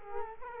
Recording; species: mosquito wingbeat signal from an infrared sensor; Culex quinquefasciatus